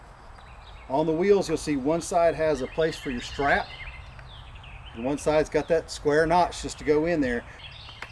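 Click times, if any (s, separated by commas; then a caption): none. A wheel for a YakAttack Tow & Stow Bar Cart kayak cart, with a strap place on one side and a square notch on the other, is being handled and lined up to push onto the cart's axle while someone talks. The wheel has not snapped or seated onto the axle yet by the end of the clip.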